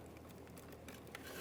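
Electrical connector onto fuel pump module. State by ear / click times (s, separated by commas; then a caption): not seated / none. A plastic electrical connector, its locking tab along the side lined up, is handled and pressed toward the fuel pump module during fuel level sensor replacement on a 2002–2009 Chevrolet Trailblazer. Faint handling ticks sit over a steady low hum, with one short sharp tick near 1.2 s. The connector has not seated or clicked in yet.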